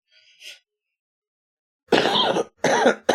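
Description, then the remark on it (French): Two harsh, loud coughs in quick succession, each a rough burst of noise with a strained tonal edge, preceded by a faint soft breath and followed by the start of another. “Je suis désolé d'avoir toussé.”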